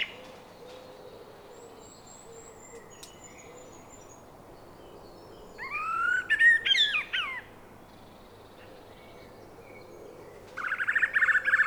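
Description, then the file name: Eurasian blackbird: a quieter warbled phrase with a rising squeaky ending midway, then the start of another dense phrase at the end. "Turdus merula"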